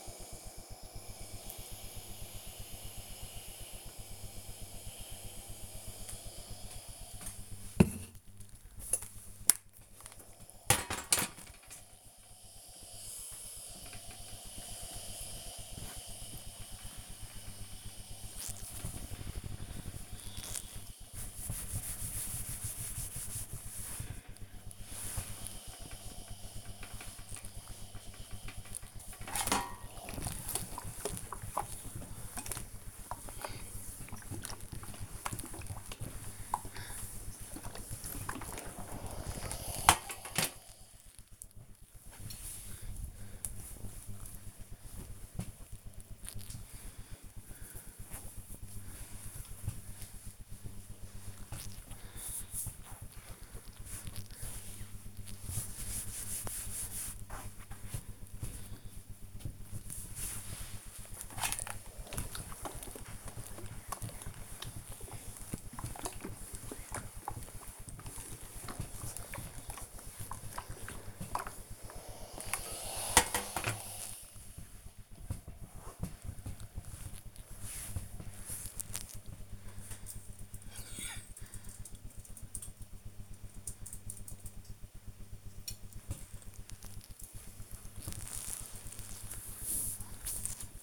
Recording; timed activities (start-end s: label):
household activities, microphone on the right wrist
0.00-78.71 s: ironing laundry
85.76-90.83 s: folding laundry